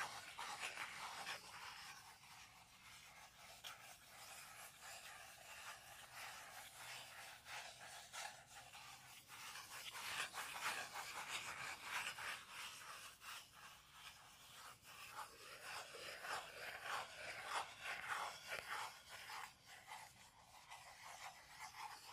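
Scratching and scraping on wood, cork and cardboard, with no talking. Dense, bright rasping strokes run continuously, swelling around ten and seventeen seconds, with quick repeated scrubbing and occasional sharper taps.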